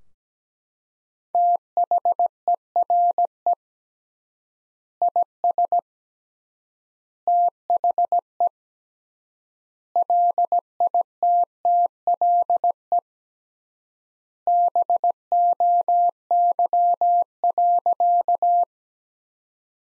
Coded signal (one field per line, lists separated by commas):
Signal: Morse code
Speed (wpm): 17 wpm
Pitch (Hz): 700 Hz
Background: none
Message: THERE IS THE LITTLE BOY.